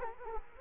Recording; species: mosquito wingbeat signal from an infrared sensor; Culex quinquefasciatus